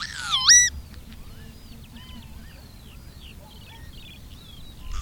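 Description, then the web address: Birds singing: a loud, harmonic, rising call at the start, then many quick, thin chirps and twitters over a faint low rumble. "madarak enek"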